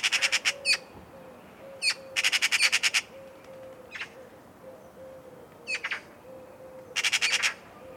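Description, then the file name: Eurasian magpie giving harsh, rattling chatter in quick bursts of several clipped notes, with single sharp notes between, over a faint steady low repeated tone. "Pica pica"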